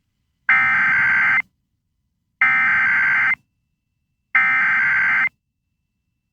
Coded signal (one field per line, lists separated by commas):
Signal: Emergency Alert System (SAME) tones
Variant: header bursts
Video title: EAS #2033-2034 - 2 HAZARDOUS MATERIALS WARNINGS for Kings CA 7-23-2024